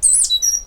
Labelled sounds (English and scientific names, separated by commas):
Stitchbird (Notiomystis cincta) song